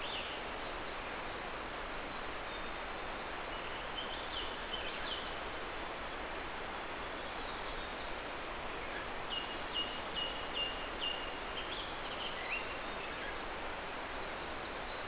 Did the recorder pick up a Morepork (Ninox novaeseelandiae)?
no